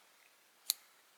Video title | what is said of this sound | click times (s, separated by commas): Schrade 33OT Old Timer Pocket Knife - Back to Basics Restoration | Hopefully you heard that snap in there. | 0.7 s